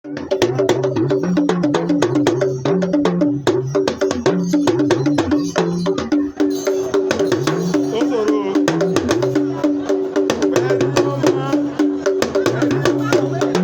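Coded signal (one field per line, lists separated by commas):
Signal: talking drum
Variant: Yoruba dùndún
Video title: Fîfi Ìlù ki Oríkî îdílé ni èdè Yorùbá (Homage by talking drum in Yorùbá language)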